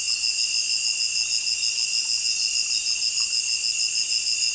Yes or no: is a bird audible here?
no